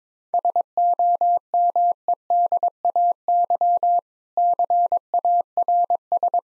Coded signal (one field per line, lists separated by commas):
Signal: Morse code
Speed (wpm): 22 wpm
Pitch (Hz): 700 Hz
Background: none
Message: SOMEDAY CARS